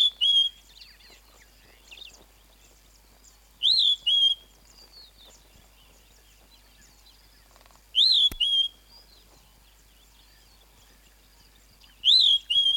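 Flappet lark singing a short whistled couplet four times, roughly every four seconds, a rising-falling note followed by a lower one, with faint chirps of other birds.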